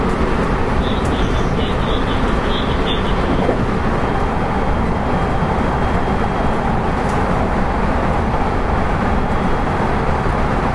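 A steady, dense rumble inside a Kobe Line special rapid train, with brief faint chirps early on and occasional soft clicks.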